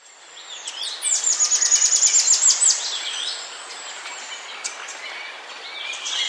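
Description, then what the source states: Russet antshrike calling with a quick string of sharp, high-pitched notes that builds then tapers, other birds chirping softly afterward. South America.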